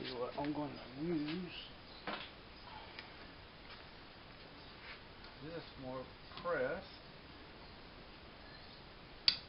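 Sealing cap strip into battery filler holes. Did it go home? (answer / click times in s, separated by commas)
yes / 9.3 s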